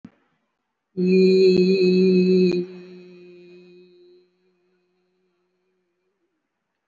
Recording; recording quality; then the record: sustained vowel as in beet; excellent, no background noise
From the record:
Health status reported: respiratory illness, not identified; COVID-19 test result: not tested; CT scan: not taken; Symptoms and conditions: cough, cold, breathing difficulty, sore throat, fatigue, muscle pain, pneumonia, another respiratory illness, another condition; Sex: female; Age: 52 years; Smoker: no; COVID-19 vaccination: one dose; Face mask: worn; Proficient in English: no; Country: India